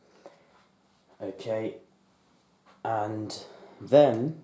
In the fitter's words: and you turn until it clicks.